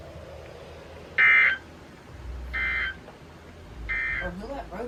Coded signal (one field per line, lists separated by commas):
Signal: Emergency Alert System (SAME) tones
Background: speech